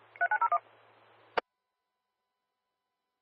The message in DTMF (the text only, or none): 3901